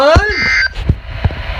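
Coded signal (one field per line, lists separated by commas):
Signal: Emergency Alert System (SAME) tones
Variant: end-of-message bursts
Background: speech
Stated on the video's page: Simulated EAS scenario alerts for a fictional severe weather event; loud tones.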